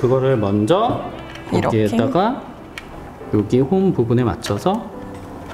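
An expansion card is handled and lined up with the groove of a riser card slot while someone talks, with a brief sharp sound near 2.8 s. Nothing has seated or clicked into the riser slot yet.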